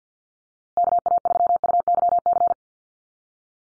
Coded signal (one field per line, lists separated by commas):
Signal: Morse code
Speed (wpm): 50 wpm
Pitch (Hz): 700 Hz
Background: none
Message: KA3UYC